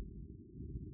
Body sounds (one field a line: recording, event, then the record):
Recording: neck accelerometer signal played as sound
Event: no cough (speech, laughter, throat clearing or background)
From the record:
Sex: male